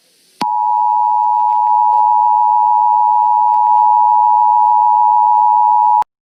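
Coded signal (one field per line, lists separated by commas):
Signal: Emergency Alert System (SAME) tones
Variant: 853 and 960 Hz attention tone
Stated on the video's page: Valid EAS tones in a fictional EAS scenario.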